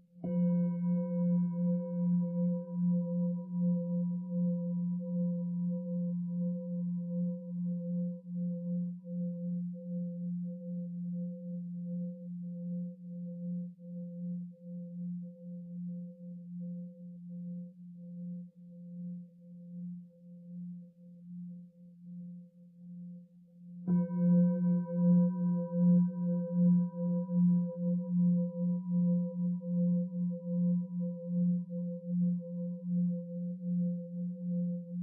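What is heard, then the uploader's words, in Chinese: A singing bowl rings with a low, warm hum and a few thin higher tones above it, the sound pulsing gently as it wavers. The ring slowly fades over about twenty-four seconds, then the bowl is struck again and swells back up, bright and full. 颂钵声音,穿透身心的SPA (100Hz-500Hz)。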